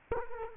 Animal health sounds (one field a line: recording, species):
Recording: mosquito wingbeat signal from an infrared sensor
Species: Culex quinquefasciatus